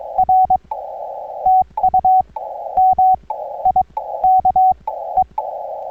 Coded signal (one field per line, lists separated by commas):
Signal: Morse code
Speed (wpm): 22 wpm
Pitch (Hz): 750 Hz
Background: none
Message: R TU MIKE